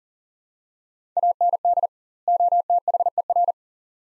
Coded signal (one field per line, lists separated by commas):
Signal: Morse code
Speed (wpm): 37 wpm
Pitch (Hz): 700 Hz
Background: none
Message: AND OTHER